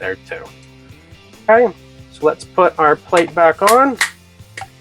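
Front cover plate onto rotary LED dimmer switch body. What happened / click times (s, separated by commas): The plastic cover plate is being handled but is not yet confirmed seated / none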